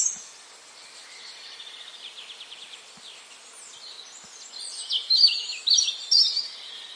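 Bird twittering faintly in high thin notes at first, then a burst of louder, sharp chirps over the last two seconds above a constant background hiss.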